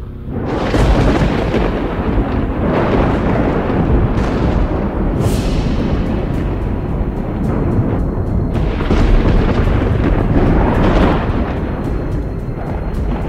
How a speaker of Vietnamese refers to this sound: Lập tức sấm sét từ trên trời theo lệnh thần chú mà giáng xuống thành một bức tường chặn lại đám lâm tặc.